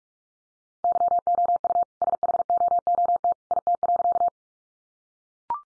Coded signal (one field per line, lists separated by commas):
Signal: Morse code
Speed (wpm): 44 wpm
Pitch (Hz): 700 Hz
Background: none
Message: YOU SHOOT IT.